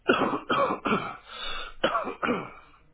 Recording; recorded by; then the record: voluntary cough; telephone call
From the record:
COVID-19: positive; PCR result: self-reported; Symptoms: yes